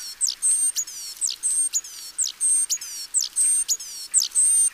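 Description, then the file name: Great tit giving a steady series of high, thin phrases, each a quick downward flick, a level piercing whistle and a descending slide. "Parus major"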